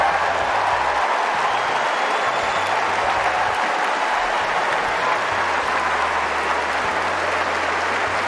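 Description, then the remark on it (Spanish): A large tennis stadium crowd on Wimbledon's Centre Court gives a standing ovation welcoming the Princess of Wales, with dense, loud applause that stays steady and unbroken for the whole stretch, a continuous wash of many hands clapping at once. “Lo hizo acompañada de la princesa Charlotte y de su hermana Pippa Middleton, y fue recibida así en el torneo Wimbledon con esta gran ovación.”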